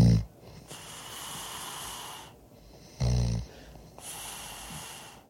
They stuck a microphone in his face and recorded him snoring.